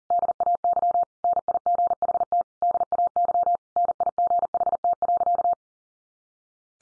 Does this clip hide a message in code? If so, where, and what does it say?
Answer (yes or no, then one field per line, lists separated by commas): yes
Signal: Morse code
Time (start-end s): 0.1-5.5 s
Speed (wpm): 40 wpm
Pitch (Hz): 700 Hz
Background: none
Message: DAY NIGHT DAY NIGHT.